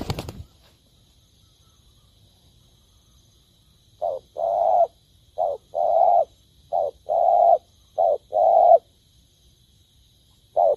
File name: tieng cu dat gay